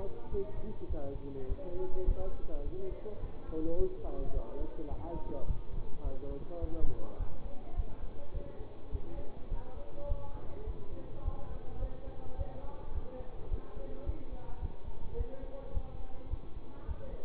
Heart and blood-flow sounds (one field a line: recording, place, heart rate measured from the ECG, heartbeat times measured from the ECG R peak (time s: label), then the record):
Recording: heart sounds by stethoscope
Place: between the tricuspid and mitral areas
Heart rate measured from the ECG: 105 bpm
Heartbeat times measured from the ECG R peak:
0.29 s: heartbeat
0.87 s: heartbeat
1.46 s: heartbeat
2.05 s: heartbeat
2.63 s: heartbeat
3.20 s: heartbeat
3.76 s: heartbeat
4.32 s: heartbeat
4.88 s: heartbeat
5.45 s: heartbeat
6.01 s: heartbeat
6.59 s: heartbeat
7.17 s: heartbeat
7.74 s: heartbeat
8.31 s: heartbeat
8.90 s: heartbeat
9.48 s: heartbeat
10.06 s: heartbeat
10.64 s: heartbeat
11.22 s: heartbeat
11.79 s: heartbeat
12.36 s: heartbeat
12.92 s: heartbeat
13.48 s: heartbeat
14.04 s: heartbeat
14.59 s: heartbeat
15.15 s: heartbeat
15.72 s: heartbeat
16.28 s: heartbeat
16.85 s: heartbeat
From the record:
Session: bicycle stress test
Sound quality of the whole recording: good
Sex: male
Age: 24 years